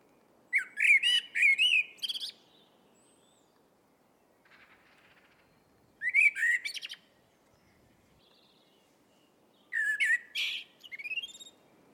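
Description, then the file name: Eurasian blackbird singing three phrases several seconds apart, each a mellow fluting opening that breaks into a harsher, high squeaky ending. "Turdus merula"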